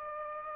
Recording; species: mosquito wingbeat signal from an infrared sensor; Aedes aegypti